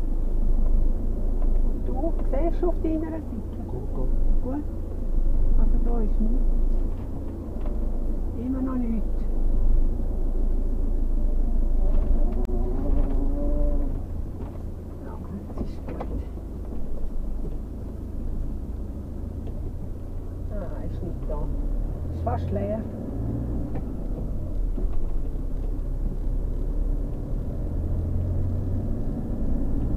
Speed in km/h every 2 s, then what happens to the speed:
0, 0, 0, 0, 0, 0, 0, 0, 0, 0, 0, 0, 0, 0, 18.
0-26 standing. 26-30 pulls away to 18.